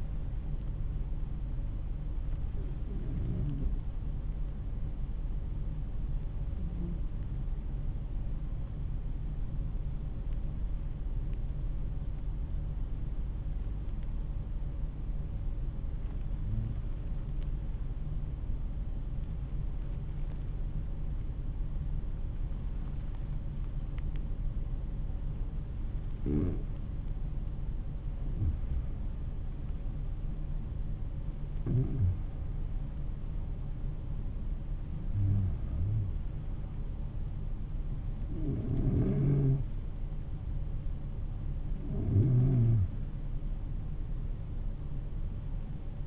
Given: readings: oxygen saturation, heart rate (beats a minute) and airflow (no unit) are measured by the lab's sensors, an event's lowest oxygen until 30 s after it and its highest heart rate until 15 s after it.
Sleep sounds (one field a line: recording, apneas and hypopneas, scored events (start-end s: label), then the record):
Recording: breathing in sleep by a smartphone at the bedside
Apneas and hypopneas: 1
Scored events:
4.00-31.20 s: hypopnea (N1, oxygen 97% highest, then 92% lowest, heart rate 52 at the start, 55 highest)
From the record:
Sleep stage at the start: N1 (lightest sleep)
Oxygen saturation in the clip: 92 to 97%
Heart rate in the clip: 50 to 55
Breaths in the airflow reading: 9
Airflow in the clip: -8.9 to 9.6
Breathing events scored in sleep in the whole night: 388 in 6.5 hours asleep